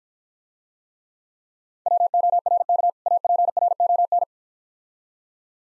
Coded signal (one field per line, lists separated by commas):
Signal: Morse code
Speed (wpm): 50 wpm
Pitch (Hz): 700 Hz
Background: none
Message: WORK APRON